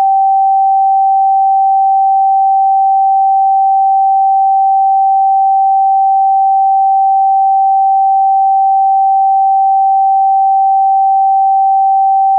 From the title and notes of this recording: PURE FREQUENCY 777 Hz The Divine Sound Spiritual “Big Bang ”.